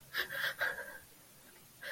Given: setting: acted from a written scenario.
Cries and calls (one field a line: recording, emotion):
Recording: vocal sound without words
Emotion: fear